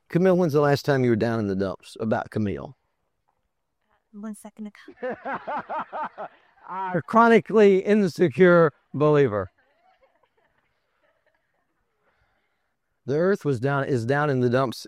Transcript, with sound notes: Camille, when’s the last time you were down in the dumps about Camille? One second ago. (laughter) Chronically insecure believer. The earth is down in the dumps;